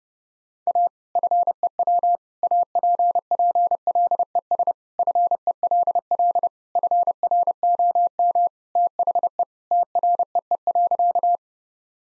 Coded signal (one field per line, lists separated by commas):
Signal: Morse code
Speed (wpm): 30 wpm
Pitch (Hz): 700 Hz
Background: none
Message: A FEW APPLES FELL FROM THE TREE.